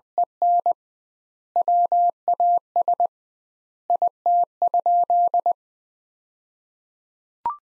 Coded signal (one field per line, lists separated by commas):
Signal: Morse code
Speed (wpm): 20 wpm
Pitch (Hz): 700 Hz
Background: none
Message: EN WAS IT?